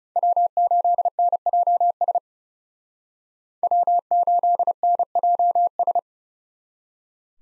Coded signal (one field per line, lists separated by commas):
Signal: Morse code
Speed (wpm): 37 wpm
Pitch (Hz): 700 Hz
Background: none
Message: W8NJS W8NJS